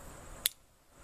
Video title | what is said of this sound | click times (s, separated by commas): Leatherman Wingman Urban EDC | once it locks in it releases the scissors | 0.5 s